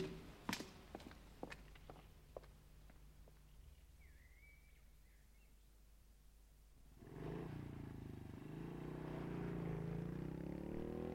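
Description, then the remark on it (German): A few sharp footsteps or knocks, a quiet pause, then a motorcycle engine starts up and drones on as a boy rides it away, its pitch rising and holding loud and steady to the end. “der da auf deiner Benzinkutsche nass fährt”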